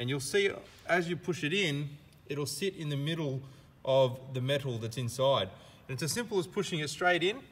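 A man talks while a 22 AWG wire is handled for an insulation-displacement splice connector, a small plastic connector meant to be pushed straight in until the wire sits on the metal blade inside and then crimped shut with pliers. No click or clear handling sound stands out. Nothing has seated or clicked yet.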